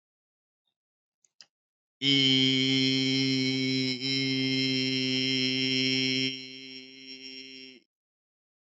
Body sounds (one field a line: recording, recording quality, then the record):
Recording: sustained vowel as in beet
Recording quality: excellent, no background noise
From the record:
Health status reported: healthy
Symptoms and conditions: none ticked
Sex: male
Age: 62 years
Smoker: not ticked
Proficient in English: yes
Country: India